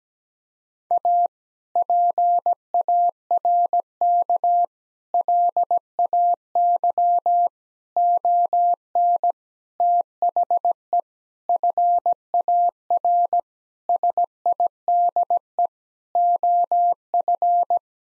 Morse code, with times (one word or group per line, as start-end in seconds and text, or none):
0.9-1.3 A
1.8-4.6 PARK
5.1-7.5 LAY
8.0-9.3 ON
9.8-11.0 THE
11.5-13.4 FAR
13.9-15.7 SIDE
16.2-17.8 OF